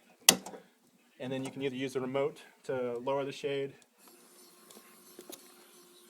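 After the battery pack is clipped in, the battery compartment top cover on the headrail of a 2009-or-older Hunter Douglas Duette PowerRise motorized honeycomb shade is closed, snapping shut with a single sharp hit at 0.3 s. Someone then talks, and the clip ends in quiet background noise.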